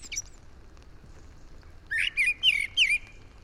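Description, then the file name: Common blackbird gives a brief high squeak, then after a pause a quick run of four fluty notes in close succession. "Turdus merula"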